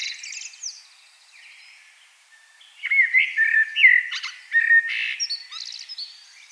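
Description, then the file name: Common blackbird song, a quiet high twitter first, then a louder fluty warbled phrase from about three seconds, ending in thin squeaks. "Turdus merula"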